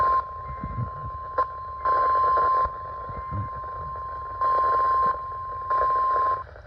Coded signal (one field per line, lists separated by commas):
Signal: Emergency Alert System (SAME) tones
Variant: 1050 Hz attention tone